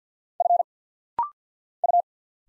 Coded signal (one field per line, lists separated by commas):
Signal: Morse code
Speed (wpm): 50 wpm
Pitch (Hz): 700 Hz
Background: none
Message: F U